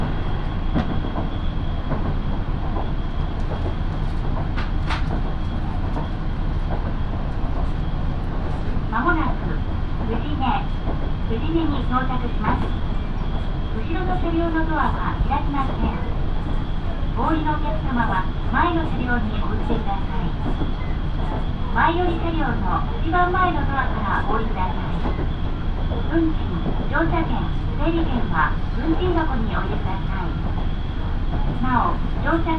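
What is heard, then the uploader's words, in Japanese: A local train on the Minobu Line runs between stations, with a steady low rumble and clatter filling the whole recording. Voices talk over it in short bursts from about eight seconds onward. A thin high tone holds throughout, and the loudness stays level. 身延線 富士→芝川。身延線を各駅停車で乗り通します。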